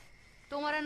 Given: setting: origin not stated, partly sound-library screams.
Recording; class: one-second piece from a danger detection set; normal situation